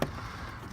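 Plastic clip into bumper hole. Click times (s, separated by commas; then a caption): 0.0 s. A plastic clip is fed through a hole in the bumper of a 2010 Toyota Prius and slid in, giving a short, sharp click at 0.0 s. Low background noise follows, and the clip is seated in place.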